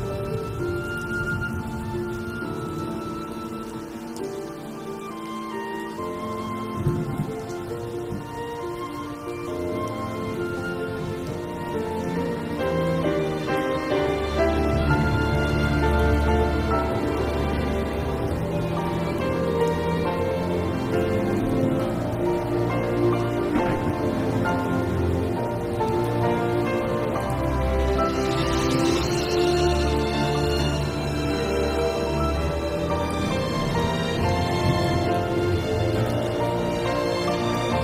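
An original soundtrack plays at a steady level throughout, with dense layered tones and sustained chords over a deep bass line. The low end briefly thins out around five seconds, then grows heavier from about fifteen seconds, with a bright swell near thirty seconds.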